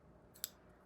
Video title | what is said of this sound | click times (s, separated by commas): Knife Review(s) - Finch Harvester & Finch Drifter | it's but you can see it's still locked into the kind of got into the detent uh ball ramp | 0.4 s